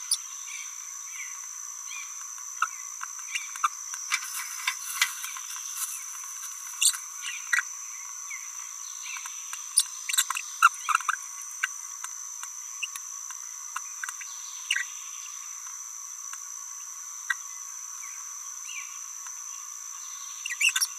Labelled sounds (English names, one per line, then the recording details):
Green-rumped Parrotlet babbling
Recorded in a nest box in Venezuela
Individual 18B17A3